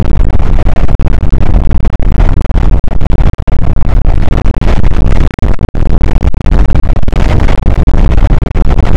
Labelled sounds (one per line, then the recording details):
wind
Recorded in the Prudhoe Bay oil fields, Alaska, on 8 May 2019 at 00:00
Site 24